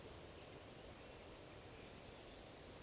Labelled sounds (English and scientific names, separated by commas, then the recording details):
Eurasian Woodcock (Scolopax rusticola) whistle
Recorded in Baden-Württemberg, Germany, on 11 June 2020 at 19:42 UTC
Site 41501, 195 m above sea level